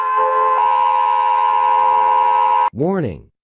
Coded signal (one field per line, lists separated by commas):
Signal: Emergency Alert System (SAME) tones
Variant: 853 and 960 Hz attention tone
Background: speech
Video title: Reacting to EAS alarms 3!